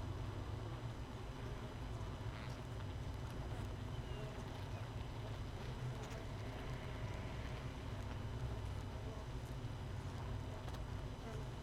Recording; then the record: honeybee colony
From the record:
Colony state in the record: missing queen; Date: 31 May 2018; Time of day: 5:22